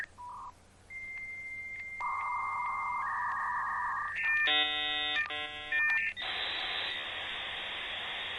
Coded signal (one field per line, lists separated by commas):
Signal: dial-up modem handshake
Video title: ⏩ ➤ Efecto de SONIDO para videos de youtube SIN COPYRIGHT de MODEM interfiriendo LLAMADA📞